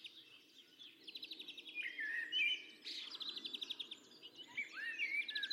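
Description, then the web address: Birdsong chorus of chirps, rapid buzzy trills and rising whistled notes over a low rumbling background hum. "Deverinetal. Bird Only"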